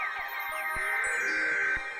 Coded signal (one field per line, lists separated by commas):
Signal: Emergency Alert System (SAME) tones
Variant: header bursts